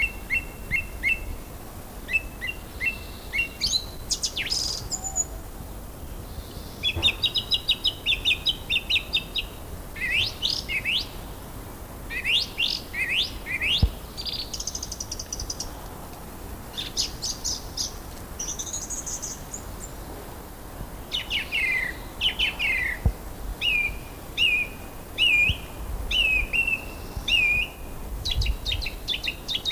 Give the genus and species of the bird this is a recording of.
Turdus philomelos